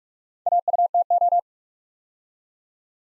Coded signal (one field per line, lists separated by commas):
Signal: Morse code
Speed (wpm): 44 wpm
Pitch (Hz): 700 Hz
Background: none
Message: AUTO